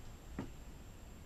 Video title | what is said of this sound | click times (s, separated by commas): Airsoft : Colt 1911 A1 Custom Grip - Gift for Neo035 - Part 01 | ceci est un petit peu assez rage voilà qui se clipse | 0.4 s